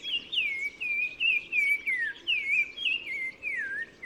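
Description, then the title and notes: Black-crowned tchagra singing a series of fluty whistled notes that swoop downward one after another, over a low background hiss. Recorded 15 March 2000 in spring, gardens around Zaouit Massa village at the Oued Massa mouth, Morocco; sings a repeated phrase in hedges and bushes; Nagra recorder with Telinga parabola. "OISEAU TELEPHONE. 15 mars 2000-Oued Massa - Maroc. le Téléphone tchagra (Tchagra senegalus - Black-crowned Tchagra) qui se fait remarquer par sa phrase répétée"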